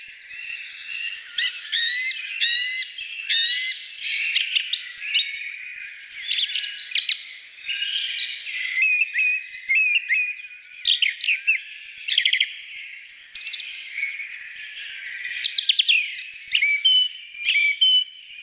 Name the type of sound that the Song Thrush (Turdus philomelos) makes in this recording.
song